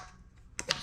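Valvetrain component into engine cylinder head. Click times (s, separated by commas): 0.6 s, 0.7 s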